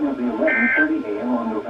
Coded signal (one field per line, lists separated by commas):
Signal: Emergency Alert System (SAME) tones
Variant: end-of-message bursts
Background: speech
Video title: NOAA Radio (EAS # 708) Child Abduction Emergency 11/16/20